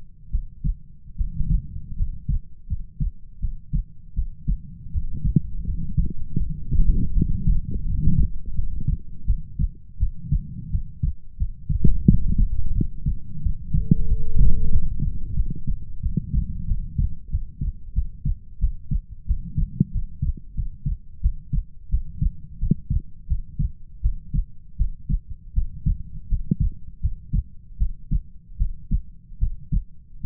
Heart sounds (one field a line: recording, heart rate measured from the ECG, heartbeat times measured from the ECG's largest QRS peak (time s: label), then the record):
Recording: heart sounds by stethoscope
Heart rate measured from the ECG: 84 bpm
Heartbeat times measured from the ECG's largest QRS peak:
0.29 s: heartbeat
1.15 s: heartbeat
1.95 s: heartbeat
2.66 s: heartbeat
3.39 s: heartbeat
4.13 s: heartbeat
4.90 s: heartbeat
5.64 s: heartbeat
6.37 s: heartbeat
7.12 s: heartbeat
7.85 s: heartbeat
8.54 s: heartbeat
9.25 s: heartbeat
9.98 s: heartbeat
10.70 s: heartbeat
11.37 s: heartbeat
12.05 s: heartbeat
12.73 s: heartbeat
13.41 s: heartbeat
14.06 s: heartbeat
14.69 s: heartbeat
15.34 s: heartbeat
16.01 s: heartbeat
16.66 s: heartbeat
17.29 s: heartbeat
17.93 s: heartbeat
18.59 s: heartbeat
19.26 s: heartbeat
19.91 s: heartbeat
20.54 s: heartbeat
21.21 s: heartbeat
21.89 s: heartbeat
22.58 s: heartbeat
23.27 s: heartbeat
24.01 s: heartbeat
24.77 s: heartbeat
25.53 s: heartbeat
26.28 s: heartbeat
27.00 s: heartbeat
27.77 s: heartbeat
28.57 s: heartbeat
29.38 s: heartbeat
30.21 s: heartbeat
From the record:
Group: healthy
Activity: rest 0-17 s, cold pressor test 17-30 s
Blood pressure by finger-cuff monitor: 94/54 mmHg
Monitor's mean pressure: 68 mmHg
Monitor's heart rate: 84 bpm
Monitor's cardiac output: 7.3 L/min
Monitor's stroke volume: 91 mL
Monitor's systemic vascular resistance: 650 dyn s/cm5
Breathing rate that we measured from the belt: 10 breaths a minute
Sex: female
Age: 19 years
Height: 163 cm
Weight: 48.9 kg